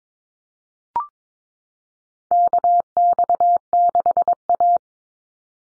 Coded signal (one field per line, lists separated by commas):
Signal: Morse code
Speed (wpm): 22 wpm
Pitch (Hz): 700 Hz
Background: none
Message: KX6A